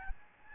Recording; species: mosquito wingbeat signal from an infrared sensor; Aedes albopictus